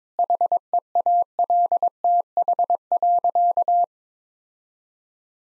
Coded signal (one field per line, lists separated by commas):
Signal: Morse code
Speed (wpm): 22 wpm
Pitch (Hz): 700 Hz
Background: none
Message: HEALTH.